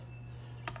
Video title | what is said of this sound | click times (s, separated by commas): 2019 Silverado side mirror cap replacement | outer shroud cover back on it'll just pop pop pop into place once | 0.7 s, 0.8 s